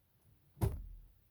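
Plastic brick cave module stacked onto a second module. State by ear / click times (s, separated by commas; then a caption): not seated / none. A plastic brick cave module is stacked onto a second module but fails to snap together because one of the corners was built wrong. A single dull bump at about 0.6 s is the stacking attempt, fading over the next half second, and nothing has seated or clicked yet.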